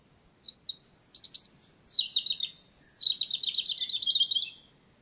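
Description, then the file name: European robin song phrase: a few high, thin notes lead into sweeping slurs and a fast, even, metallic trill that fades out. "Erithacus rubecula"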